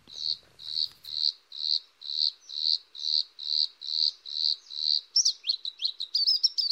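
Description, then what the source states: Bluethroat song: a run of about a dozen identical buzzy high notes, evenly spaced about two per second, then a quick jumble of varied twittering phrases. Master singer and mimic; sings in the mountains, often at the edge between mountain birch forest and bare fell.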